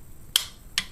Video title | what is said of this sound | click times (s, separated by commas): koubalink | you hear it click you know there's that foot-pounds 30 to click there we go | 0.4 s